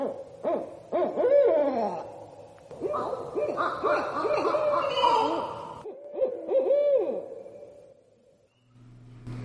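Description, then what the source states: Barred Owls trading rapid, excited hoots and quavering, falling cries in a long, noisy bout that fades out near the end. Barred owls calling, said to be due to begin nesting and laying their eggs at this time.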